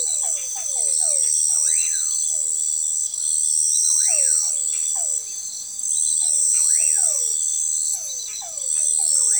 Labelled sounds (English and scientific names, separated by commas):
Common Pauraque (Nyctidromus albicollis)